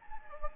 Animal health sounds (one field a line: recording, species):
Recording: mosquito wingbeat signal from an infrared sensor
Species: Anopheles gambiae